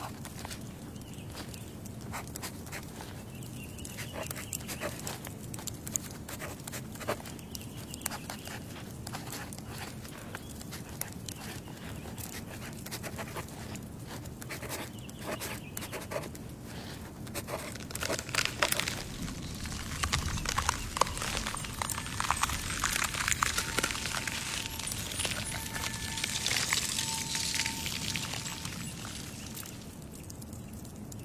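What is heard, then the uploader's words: A wood fire crackles and squeaks, with dense, irregular clicks and pops running throughout over a low steady rumble. After about eighteen seconds it grows louder and brighter, with sharper hissing and a thin whistling squeak near twenty-five seconds before easing toward the end. The ice crystals are pure and the wood fire is squeaking.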